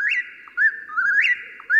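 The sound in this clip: Whip-poor-will song, clear whistled phrases that rise and fall, repeated in quick succession.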